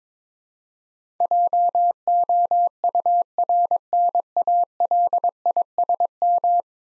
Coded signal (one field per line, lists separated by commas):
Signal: Morse code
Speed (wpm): 22 wpm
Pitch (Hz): 700 Hz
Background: none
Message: JOURNALISM